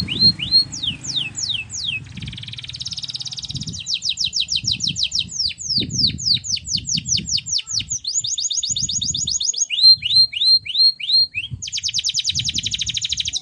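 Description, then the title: Canary singing repeated series of sharp sweeping notes and dense buzzy rolls, changing pattern every second or two, with soft low noise beneath. Belgian canary (Kenari AF) warm-up song with long rolling song, used as masteran tutor song so young canaries quickly sing and roll long. "Canto Para Esquentar Canário Belga. Kenari AF gacor panjang bagus untuk masteran, Kenari muda cepat gacor ngerol panjang"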